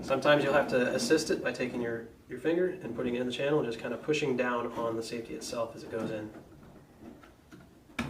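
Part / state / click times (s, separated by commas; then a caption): rifle safety into the stock channel / seated / 8.0 s. Someone talks while a cross-bolt safety for a Steyr AUG is pushed through the stock's channel against its spring, with a finger pressing the safety down as it goes in. After some resistance, a sharp click at 8.0 s marks the safety snapping into place, seated in the channel.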